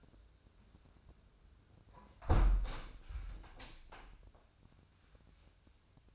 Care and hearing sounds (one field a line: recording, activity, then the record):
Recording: daily activity, microphone in the room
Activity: close window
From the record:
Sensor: 2